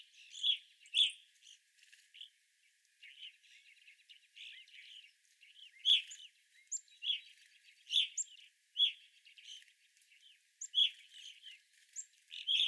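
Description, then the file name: Evening grosbeak calls, loud chirps spaced irregularly, with softer twittering in the background. Group of evening grosbeaks recorded 25 April 2021. "2021-04-25 Evening Grosbeaks"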